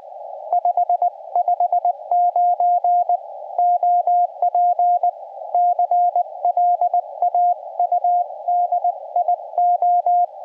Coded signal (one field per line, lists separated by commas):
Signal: Morse code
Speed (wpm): 20 wpm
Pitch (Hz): 710 Hz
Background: radio noise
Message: 559 OP CLAUDIO